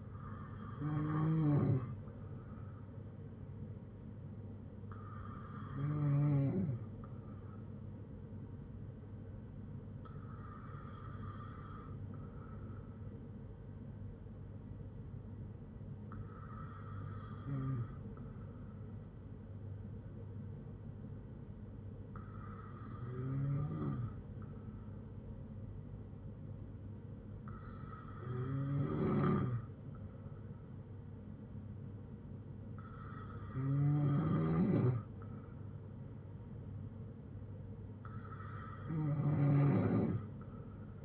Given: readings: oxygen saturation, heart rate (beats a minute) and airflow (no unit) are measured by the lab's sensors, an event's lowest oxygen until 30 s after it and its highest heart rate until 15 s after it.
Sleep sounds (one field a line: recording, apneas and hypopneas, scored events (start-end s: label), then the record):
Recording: breathing in sleep by a smartphone at the bedside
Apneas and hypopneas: none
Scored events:
none scored
From the record:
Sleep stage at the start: N2 (light sleep)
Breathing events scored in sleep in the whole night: 182 in 7.4 hours asleep